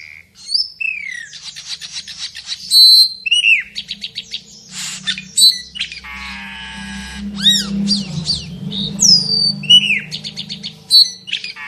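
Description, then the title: Asian glossy starling delivering a long, varied song of clicks, bright whistles, falling slurs and a harsh grating passage, over a low hum. Singing energetically and continuously, in a song style called gacor full isian teler. "Burung Cucak Keling Gacor Full Isian Teler"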